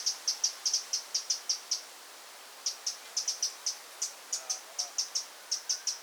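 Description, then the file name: Eurasian wren ticking calls: quick bursts of crisp high clicks, then almost a second of quiet before the ticking resumes unevenly. "Troglodytes troglodytes"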